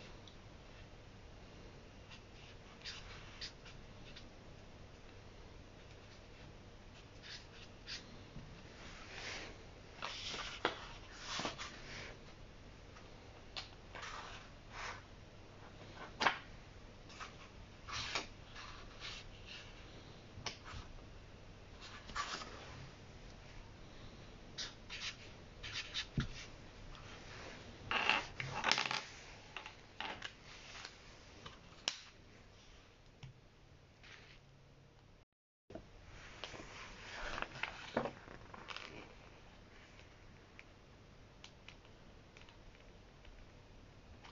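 Someone reads a book's introduction and copies out a passage by hand. Short scratches, taps and paper rustles come irregularly throughout, busiest between about 10 and 30 seconds, over a low steady hum. Everything drops out briefly near 35 seconds.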